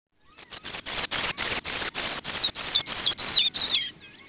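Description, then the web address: Sprague's pipit with a quick run of bright, high tinkling notes, each slightly lower than the last, forming a steady descending cascade lasting about three seconds. "Peterson North American Birds"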